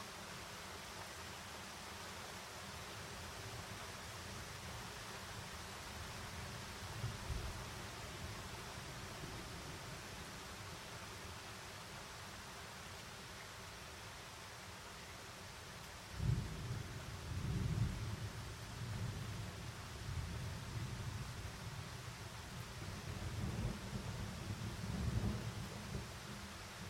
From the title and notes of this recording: As the rainstorm approaches, the rain and thunder then intensify. Storm in the mountains. In the French Alps, close to Cruseilles, the recording was captured from a window of a home.